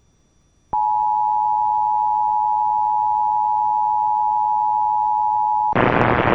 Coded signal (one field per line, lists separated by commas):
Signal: Emergency Alert System (SAME) tones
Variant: 853 and 960 Hz attention tone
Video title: EAS # 1079-1080: Required Weekly Test on KDKA-AM #41 || 6/12/22